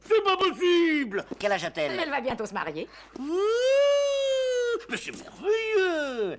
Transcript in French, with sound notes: C'est pas possible... quel âge a t-elle?
Elle va bientôt se marier!
[pousse un cri aigu] Wouuuuuuuuuh! Mais c'est merveilleux!